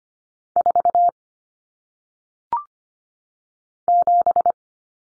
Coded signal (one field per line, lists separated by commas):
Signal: Morse code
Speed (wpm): 25 wpm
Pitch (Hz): 700 Hz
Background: none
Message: 4 7